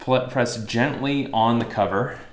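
Someone talks while the plastic top cover of a Surface Laptop Go is being handled, about to be pressed gently so its snap clips engage the bottom chassis. Nothing has seated or clicked yet.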